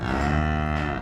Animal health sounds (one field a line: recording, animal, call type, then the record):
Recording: contact call of a hoofed animal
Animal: cattle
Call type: low-frequency (closed-mouth) or high-frequency (open-mouth) call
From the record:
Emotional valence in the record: negative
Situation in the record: full separation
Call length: 1.02 s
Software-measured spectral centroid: 1500 Hz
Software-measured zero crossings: 1290 a second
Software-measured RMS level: -24 dBFS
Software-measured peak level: -10 dBFS